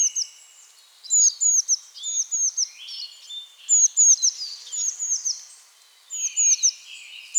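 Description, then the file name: Eurasian blue tit calls: bursts of thin, high, hooked notes repeated quickly, with lower buzzy trills in between, broken by short quiet gaps. "Cyanistes caeruleus"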